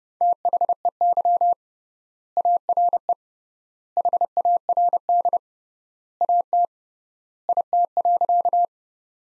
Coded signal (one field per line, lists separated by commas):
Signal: Morse code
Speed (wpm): 32 wpm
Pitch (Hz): 700 Hz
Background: none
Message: THEY ARE HARD AT IT.